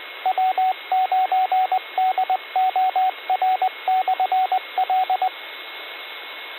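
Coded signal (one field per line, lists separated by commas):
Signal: Morse code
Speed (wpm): 20 wpm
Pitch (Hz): 750 Hz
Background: radio noise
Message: W9DOR/L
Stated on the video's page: Morning net on a 147.210 MHz repeater heard almost 50 miles away with static, received on an RTL-SDR dongle via an old fan dipole in inverted V.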